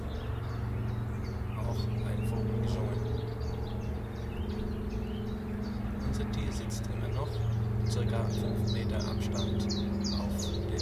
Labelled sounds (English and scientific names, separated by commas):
Willow Warbler (Phylloscopus trochilus)